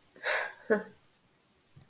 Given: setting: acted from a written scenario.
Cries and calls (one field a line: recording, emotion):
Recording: vocal sound without words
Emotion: anger